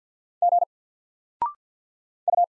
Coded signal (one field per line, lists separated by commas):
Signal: Morse code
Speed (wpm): 50 wpm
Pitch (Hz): 700 Hz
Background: none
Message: G U